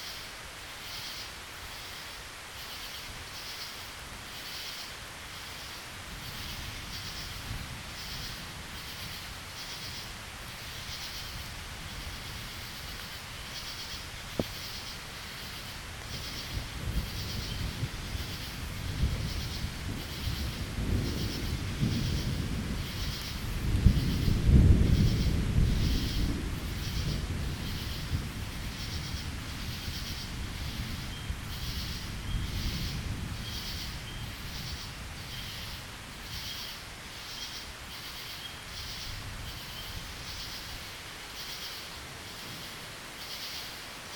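Frogs and crickets keep up a dense, steady chorus of rapid pulsing calls, bright and regular throughout. Low thunder rolls in from about fifteen seconds, swelling to a loud deep rumble around twenty-five seconds before fading back toward the end.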